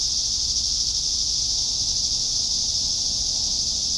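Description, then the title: Cicadas droning in a steady, unbroken high hiss that holds at an even pitch and loudness throughout, with faint low rumble beneath. Several cicadas. "neoscenes: cicadas"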